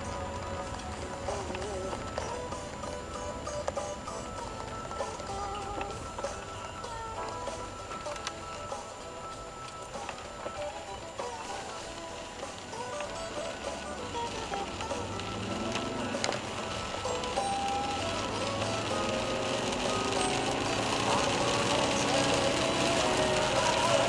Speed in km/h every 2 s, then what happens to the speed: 30, 27, 23, 14, 9, 14, 26, 45, 55, 75, 94, 99.
0-7 slows to 9. 9-22 speeds up to 99.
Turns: 6-11.